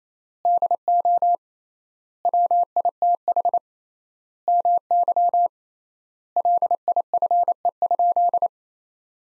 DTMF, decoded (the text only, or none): none